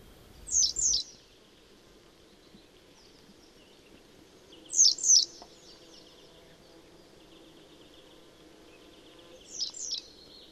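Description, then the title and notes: Western yellow wagtail giving sharp, high paired chirps, each couplet separated by roughly four seconds of quiet, with low background noise throughout. "Keltavästäräkki. Risto Nevanlinna"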